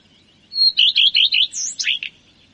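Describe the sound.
Common redstart phrase opening with a thin note, then a quick run of repeated chirps and a varied, slurred ending.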